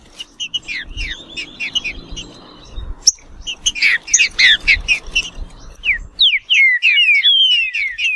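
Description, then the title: Green-winged saltator song: busy runs of quick chirps, then long sweeping whistled slurs at the end. A low background hum and a sharp click are also heard. Wild bird in the bush, singing in competition with another free-living bird. "Trinca Ferro NICÃ O"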